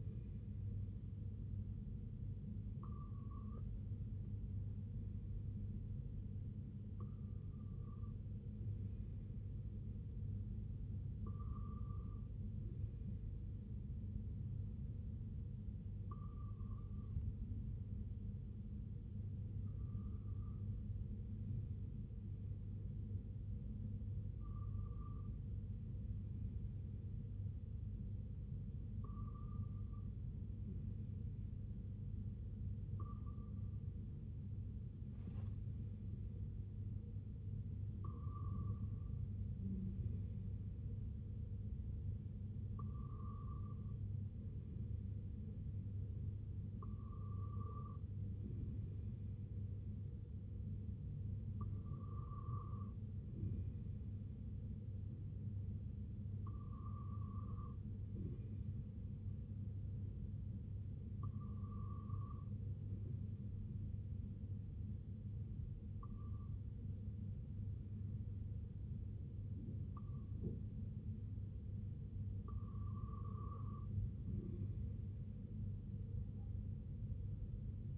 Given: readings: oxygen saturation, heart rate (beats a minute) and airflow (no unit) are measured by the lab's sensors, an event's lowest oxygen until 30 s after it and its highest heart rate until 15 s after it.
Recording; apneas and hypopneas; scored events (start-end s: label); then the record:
breathing in sleep by a smartphone at the bedside; none
none scored
From the record:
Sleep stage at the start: REM sleep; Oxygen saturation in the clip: 94 to 99%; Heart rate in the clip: 61 to 70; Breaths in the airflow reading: 17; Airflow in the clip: -5.7 to 3.8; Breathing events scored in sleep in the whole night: 258 in 7.4 hours asleep